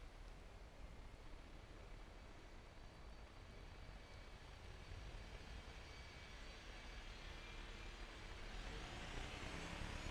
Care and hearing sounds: everyday scene through a hearing-aid microphone; in traffic; traffic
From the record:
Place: main road on the outskirts, rush hour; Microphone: behind the ear, left, rear

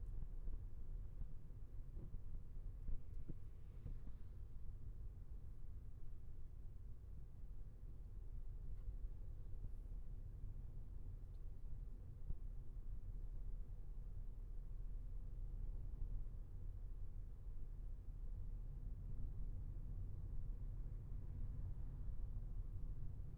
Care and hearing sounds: everyday scene through a hearing-aid microphone; in a vehicle; engine, traffic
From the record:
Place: Skoda Fabia, gasoline engine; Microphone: behind the ear, left, front

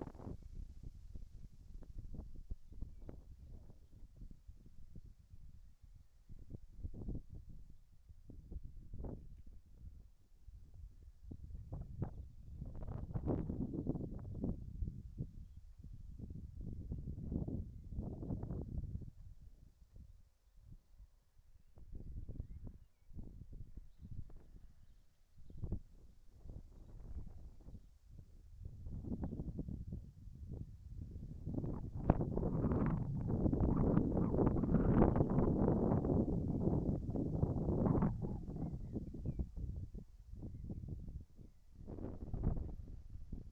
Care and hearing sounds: everyday scene through a hearing-aid microphone; wind on the microphone; wind, whistling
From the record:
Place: in front of a rural house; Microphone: behind the ear, right, front

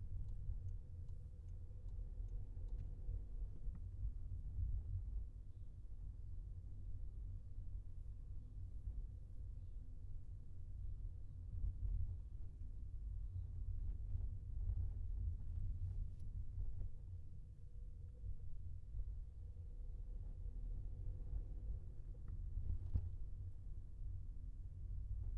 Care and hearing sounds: everyday scene through a hearing-aid microphone; in a vehicle; engine, highway traffic jam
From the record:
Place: Skoda Fabia, gasoline engine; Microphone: behind the ear, left, rear

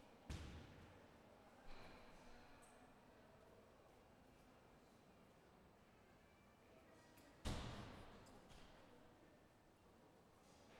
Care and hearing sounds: everyday scene through a hearing-aid microphone; reverberant space; background noise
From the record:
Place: railway station hall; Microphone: behind the ear, left, rear

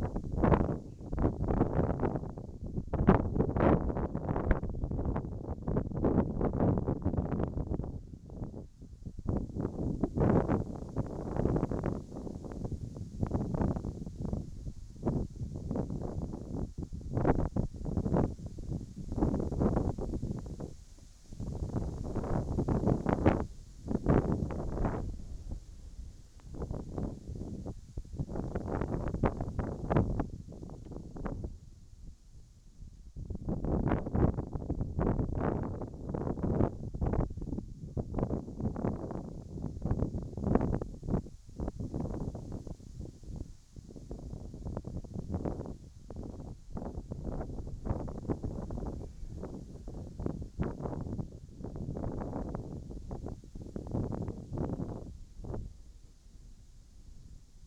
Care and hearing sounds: everyday scene through a hearing-aid microphone; wind on the microphone; wind, whistling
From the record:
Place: in front of a rural house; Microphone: in the ear canal, right

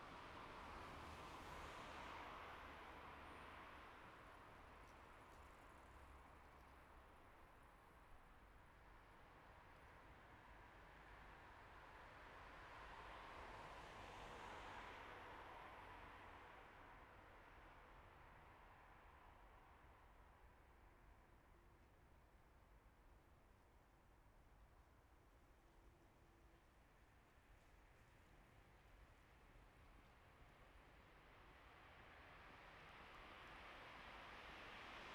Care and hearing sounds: everyday scene through a hearing-aid microphone; in traffic; traffic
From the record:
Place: bus stop on a city main road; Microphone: behind the ear, right, rear

